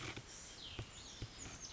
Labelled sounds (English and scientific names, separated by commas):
Cassin's Vireo (Vireo cassinii)